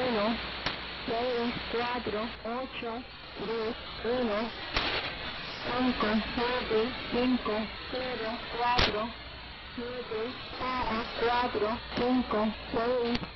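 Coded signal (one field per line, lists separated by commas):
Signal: numbers station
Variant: HM01, Spanish voice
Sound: a voice reading short evenly spaced words, like numbers, over a shortwave channel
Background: radio static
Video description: A broadcast of the Cuban Numbers Station HM01 on 05/21/2017 ~04:00 UTC on 10860 kHz.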